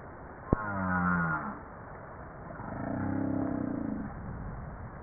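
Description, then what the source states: Humpback whale song: a sharp click, a harmonic downswept moan, then a long pulsed, buzzy low groan over constant background hiss. Recorded 2 March 1994, file time 12:37.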